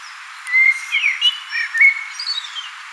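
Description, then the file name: Common blackbird singing one rich, flowing phrase of low fluty whistles that break into a squeaky, high-pitched twittering finish. "Turdus merula"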